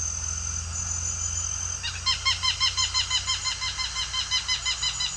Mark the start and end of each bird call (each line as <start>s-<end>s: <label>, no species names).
1.77s-5.17s: bird call